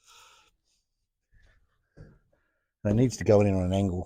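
An interior part of a 1970 Holden LC GTR Torana, around the heater box or trim with a lead and bolt holes, is lined up and worked into its mounting at an angle before being pushed back to click into place. Faint handling sounds and brief breathing come first, then someone talks. Nothing has clicked into place yet.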